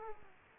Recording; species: mosquito wingbeat signal from an infrared sensor; Aedes aegypti